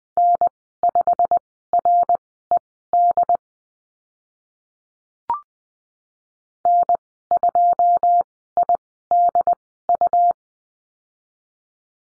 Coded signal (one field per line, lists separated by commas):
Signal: Morse code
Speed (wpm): 20 wpm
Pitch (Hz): 700 Hz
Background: none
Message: N5RED N2IDU